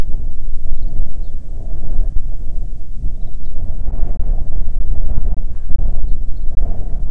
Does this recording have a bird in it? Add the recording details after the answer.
yes. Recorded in the Arctic National Wildlife Refuge, Alaska, on 9 July 2019 at 22:06. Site 48